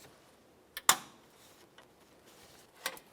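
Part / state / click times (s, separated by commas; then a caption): wiring connector into the second car horn / seated / 0.9 s. A wiring connector is plugged into the second car horn on a 2012-2017 Toyota Camry during a radiator fan replacement. A small tick at 0.8 s leads into a sharp click at 0.9 s as the connector seats, followed by faint handling ticks near 1.8 s and 2.9 s.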